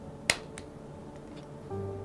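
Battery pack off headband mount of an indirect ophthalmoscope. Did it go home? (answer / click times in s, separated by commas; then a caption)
released / 0.3 s. A battery pack is unlatched from the headband mount of an IRIDEX TruFocus LIO Premiere laser indirect ophthalmoscope by doing the reverse of fitting it. One sharp click sounds at 0.3 s, followed by a faint tick near 0.6 s and a low steady hum from about 1.7 s. The battery releases and comes off the headband.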